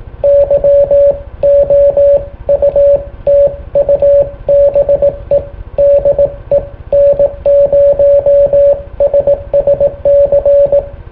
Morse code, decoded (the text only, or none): YOUTUBE DE N0SSC